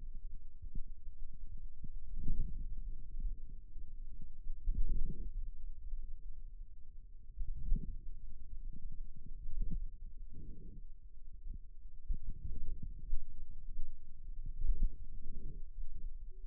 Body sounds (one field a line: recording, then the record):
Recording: forearm muscle sounds (acoustic myography)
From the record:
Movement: outward rotation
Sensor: system 2, bracelet of six BSWA MPA416 microphones around the upper forearm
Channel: 4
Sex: male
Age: 22 years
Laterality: right